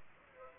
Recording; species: mosquito wingbeat signal from an infrared sensor; Aedes aegypti